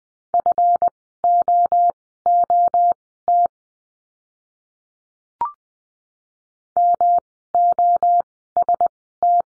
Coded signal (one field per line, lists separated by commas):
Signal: Morse code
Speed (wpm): 20 wpm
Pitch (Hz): 700 Hz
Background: none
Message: FOOT MOST